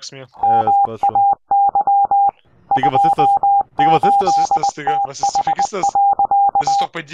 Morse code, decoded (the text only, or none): MAY 28TH.